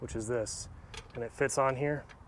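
A special wheel-lock key is being handled and fitted onto the locking lug nut of a 2017 Nissan Maxima wheel while someone talks. Faint handling noise sits under the voice, but the key has not seated on the lug nut yet, and no click is heard.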